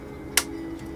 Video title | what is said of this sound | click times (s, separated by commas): 1/25 AMT 2021 Ford Bronco, Part 3, interior & paint | There we go. It kind of snapped into place. | 0.4 s